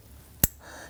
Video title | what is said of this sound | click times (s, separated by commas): How to Replace Spark Plugs 2013-2019 Ford Police Interceptor Utility 3.7L V6 | You're going to feel it in, hear it lock in, and then press in the red lock tab. | 0.4 s